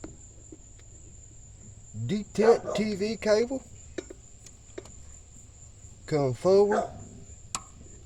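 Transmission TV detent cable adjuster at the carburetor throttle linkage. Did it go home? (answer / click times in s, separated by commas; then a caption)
yes / 7.6 s. On a carbureted 1988 GMC 350 5.7 V8, the transmission TV (detent) cable adjuster at the carburetor throttle linkage is pulled forward and its self-adjusting lock snaps back into place. Someone talks over a steady high-pitched tone, then a single sharp click rings out at 7.5 s as the cable adjuster seats.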